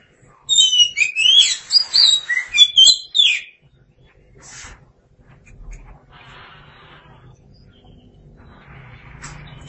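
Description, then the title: Oriental magpie-robin delivering a fast, varied stream of whistles and twittering notes for about three seconds, then near silence with faint noises. Kacer (Oriental magpie-robin) song. "Suara Kicauan Burung Kacer"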